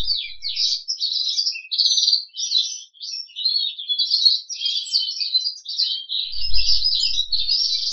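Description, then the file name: Crested canary singing continuously, a rapid, high, rolling warble of buzzy trills and chirps with hardly a break, plus a faint low rumble near the end. "audio kenari jambul"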